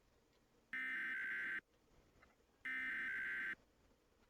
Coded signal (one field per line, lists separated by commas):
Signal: Emergency Alert System (SAME) tones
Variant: header bursts